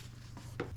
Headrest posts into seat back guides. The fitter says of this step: slide this back onto the seat, clicks into place, and everything's working fine.